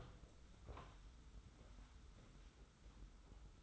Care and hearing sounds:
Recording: daily activity, microphone in the room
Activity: open door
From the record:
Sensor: 3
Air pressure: 991.6 hPa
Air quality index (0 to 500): 148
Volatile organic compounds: 458 ppm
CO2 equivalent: 4761 ppm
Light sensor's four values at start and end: 43/119/48/42 and 43/119/48/42

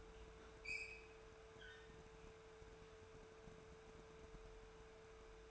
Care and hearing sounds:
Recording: daily activity, microphone in the room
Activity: open fridge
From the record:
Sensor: 2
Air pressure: 1014.8 hPa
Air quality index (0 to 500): 196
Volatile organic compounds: 17 ppm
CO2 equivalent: 2592 ppm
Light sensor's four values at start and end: 10/25/10/11 and 10/25/10/11

